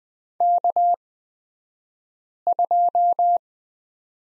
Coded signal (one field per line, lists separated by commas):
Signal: Morse code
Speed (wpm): 20 wpm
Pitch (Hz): 700 Hz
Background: none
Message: K2